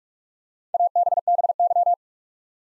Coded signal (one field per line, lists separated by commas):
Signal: Morse code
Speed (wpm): 46 wpm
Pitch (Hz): 700 Hz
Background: none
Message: ABBY